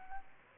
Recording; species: mosquito wingbeat signal from an infrared sensor; Aedes aegypti